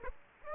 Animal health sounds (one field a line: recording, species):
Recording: mosquito wingbeat signal from an infrared sensor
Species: Aedes aegypti